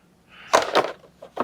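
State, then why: Not seated. A plastic lid from a board game organizer storage box is pressed onto its box, making a couple of hollow plastic knocks around 0.5 to 0.9 seconds, then a faint tap near 1.2 seconds and a sharper one at 1.4 seconds. The lid does not click shut and stays loose on top; nothing has clicked or seated.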